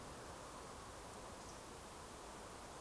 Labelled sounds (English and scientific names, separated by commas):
Eurasian Woodcock (Scolopax rusticola) whistle